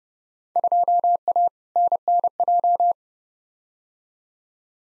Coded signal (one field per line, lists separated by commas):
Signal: Morse code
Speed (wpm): 30 wpm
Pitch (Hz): 700 Hz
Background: none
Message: 2A NNJ